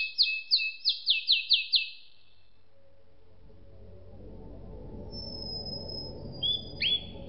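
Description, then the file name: Canary song: a quick series of six sharp repeated chip notes, then a long pause over low background rumble, ending with a few thin whistles and chips. "suara kenari makige"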